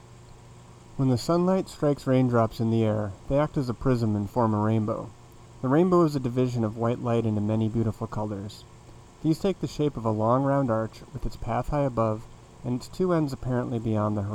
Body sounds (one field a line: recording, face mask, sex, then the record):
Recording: reading aloud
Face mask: none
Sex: male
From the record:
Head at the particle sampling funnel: facing it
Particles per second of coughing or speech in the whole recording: 3.44